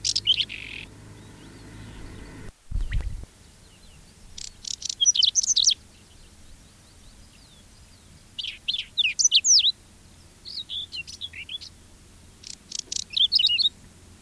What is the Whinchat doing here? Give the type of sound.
song